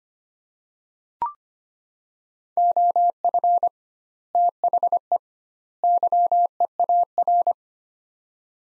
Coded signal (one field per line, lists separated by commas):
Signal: Morse code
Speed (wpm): 25 wpm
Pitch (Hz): 700 Hz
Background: none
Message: OF THE YEAR